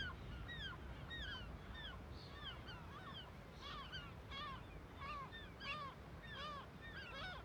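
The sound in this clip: Gulls giving alarm calls: a crowd of squealing, sliding notes, joined by harsh barking calls in the second half, over low rumble.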